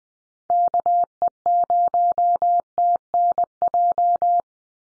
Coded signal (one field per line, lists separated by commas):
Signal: Morse code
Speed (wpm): 20 wpm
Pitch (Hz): 700 Hz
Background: none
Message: KE0TNJ